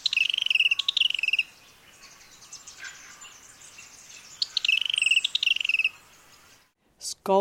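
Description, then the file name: Robin song: two bursts of rapid, buzzy trilled notes, each about a second and a half long, separated by a quieter stretch with a few faint notes. Medley of robin sounds. "BIRD rcrobin medley"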